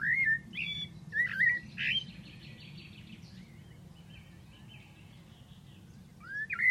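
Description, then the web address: Bird calls: several short whistled notes, some upslurred, followed by softer buzzy trills and a final rising whistle, over a low hum. "Deverinetal. Bird Only"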